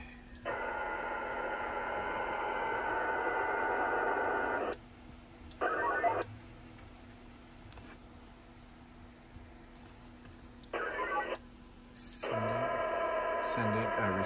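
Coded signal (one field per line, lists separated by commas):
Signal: HF data modem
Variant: VARA HF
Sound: long and short bursts of dense buzzing multi-tone data alternating, with hiss between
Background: radio static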